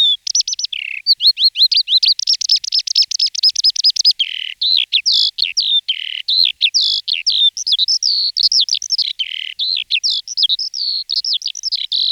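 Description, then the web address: Eurasian skylark song, a continuous high warbling stream of rapid trills, chirrups and slurred whistles pouring out without pause, with fast buzzy rattles near the start. Dated 2004. "singvoegel. gesang. roche 2004 feldlerche"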